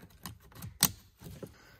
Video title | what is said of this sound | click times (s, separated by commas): I INSTALLED CHROME MIRROR CAPS - on my mk5 jetta | you hear the click now | 0.3 s, 0.8 s